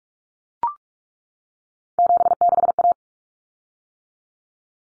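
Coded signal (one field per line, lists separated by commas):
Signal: Morse code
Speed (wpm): 44 wpm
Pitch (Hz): 700 Hz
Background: none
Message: 76A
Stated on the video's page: Morse head-copy drill of common three-digit cut numbers at 45 wpm, each sent in Morse, then spoken, then sent again.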